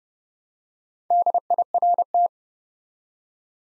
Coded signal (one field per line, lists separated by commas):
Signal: Morse code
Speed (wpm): 30 wpm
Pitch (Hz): 700 Hz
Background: none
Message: DIRT